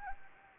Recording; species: mosquito wingbeat signal from an infrared sensor; Anopheles arabiensis